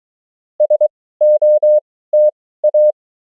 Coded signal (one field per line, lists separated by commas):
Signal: Morse code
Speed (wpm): 23 wpm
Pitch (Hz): 600 Hz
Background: none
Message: SOTA